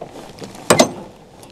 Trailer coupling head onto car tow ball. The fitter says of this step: habt das gehört und jetzt liegt hier dieser Hebel auch wgerecht ist richtig offensichtlich eingerasset das